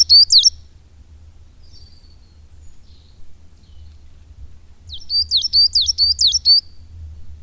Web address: agykontroll Madardalok Cd 1. Fenyves cinege